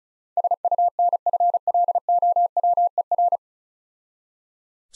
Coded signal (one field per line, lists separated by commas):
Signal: Morse code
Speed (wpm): 36 wpm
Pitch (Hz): 700 Hz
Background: none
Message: SUNFLOWER